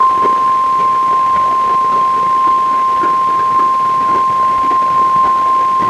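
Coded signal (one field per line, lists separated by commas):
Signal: Emergency Alert System (SAME) tones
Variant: 1050 Hz attention tone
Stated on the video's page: NOAA Weather Radio Required Weekly Test relayed by a Wenatchee transmitter, received poorly on a Reecom R-1630 weather radio, later cleaned up in Audacity.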